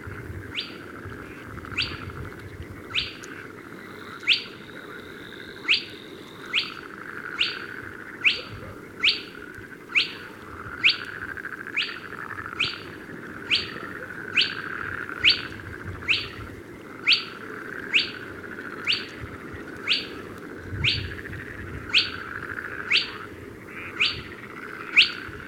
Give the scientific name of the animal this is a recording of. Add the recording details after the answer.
Porzana porzana. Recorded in the wild. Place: Schwerin, Großer Dambecker See, Mecklenburg-Vorpommern, DE. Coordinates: 53.781, 11.392. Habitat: lake. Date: 1975-05-09 21:30. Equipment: Nagra III BH, Sennheiser MD 21, parabola. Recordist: Schubert, Michael